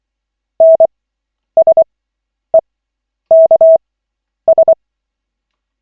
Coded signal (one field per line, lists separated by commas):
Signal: Morse code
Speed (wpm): 24 wpm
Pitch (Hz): 650 Hz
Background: none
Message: NSEKS